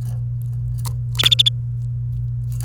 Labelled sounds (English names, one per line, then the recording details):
Domestic Canary song
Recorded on 28 April 2018 at 10:05
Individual llb3